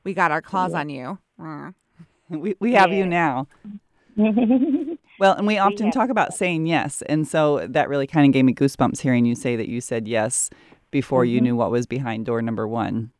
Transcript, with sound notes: We got our claws on you.
We have you now. [laughs] Well, and we often talk about saying yes. And so that really kind of gave me goosebumps hearing you say that you said yes before you knew what was behind door number one.